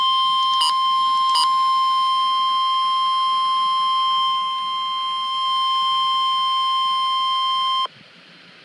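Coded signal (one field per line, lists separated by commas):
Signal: Emergency Alert System (SAME) tones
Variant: 1050 Hz attention tone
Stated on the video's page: EAS severe thunderstorm warning.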